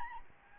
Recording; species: mosquito wingbeat signal from an infrared sensor; Aedes albopictus